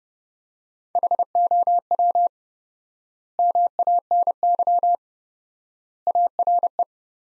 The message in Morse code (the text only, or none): HOW MANY ARE